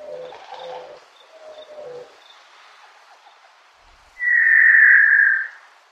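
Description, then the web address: Montezuma quail, one strong drawn-out whistle, after soft low tones at the start. "Songs of Birds of North America Stokes. Montezuma Quail"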